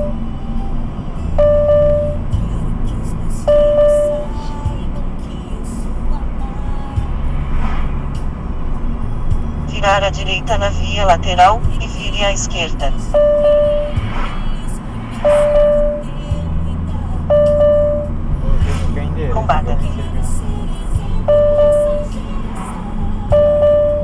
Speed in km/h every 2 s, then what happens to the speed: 57, 58, 60, 61, 60, 58, 55, 55, 56, 53, 50, 43.
0-7 steady at about 58. 7-24 slows to 43.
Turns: none.